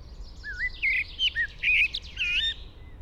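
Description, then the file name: Common blackbird giving mellow, wavering whistled notes mixed with high squeaky twitters, over a constant low rumble. "Turdus merula"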